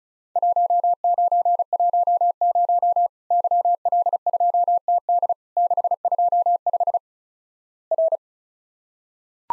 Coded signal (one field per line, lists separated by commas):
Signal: Morse code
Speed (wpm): 36 wpm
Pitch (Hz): 700 Hz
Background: none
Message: 1910 YL2TD 625 R